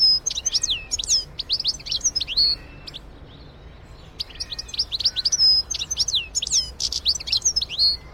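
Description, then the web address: Goldfinch singing rapid, high, tinkling twitters mixed with thin slurred whistles, pausing briefly before a second lively burst of jingling notes. "birdsong goldfinch"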